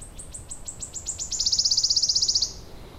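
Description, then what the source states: Wood warbler song, high spaced ticks speeding up into a fast, dry shivering trill about a second long, then stopping abruptly; soft background noise. Mixed grove of spruce, birch and alder with wood anemones in Kirkkonummi, Finland, around Mother's Day; species said to have declined greatly over twenty years.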